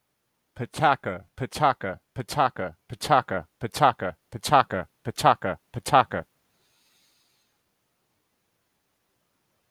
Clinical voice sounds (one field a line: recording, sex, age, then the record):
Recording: repeated syllables /pa ta ka/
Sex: male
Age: 30 to 39 years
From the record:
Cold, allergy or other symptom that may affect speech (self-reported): no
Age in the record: 33 years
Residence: United States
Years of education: 16